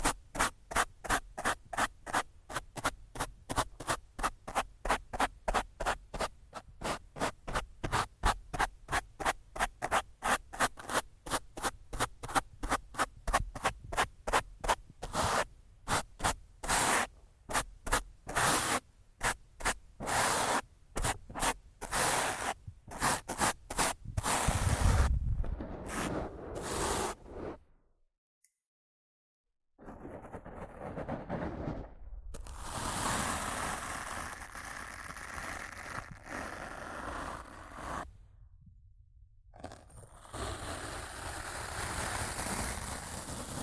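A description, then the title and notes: Rough scratching right against a microphone, in rapid, regular strokes for the first twenty-five seconds that gradually loosen and grow uneven. After a brief silence near twenty-eight seconds, a denser, continuous brushing hiss takes over, bright, with one short pause. ASMR Rough Mic Scratching & Brushing (No Talking).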